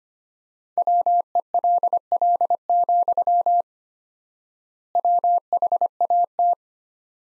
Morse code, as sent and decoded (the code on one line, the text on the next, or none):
.-- . .-.. .-.. --..-- / .-- .... .- -
WELL, WHAT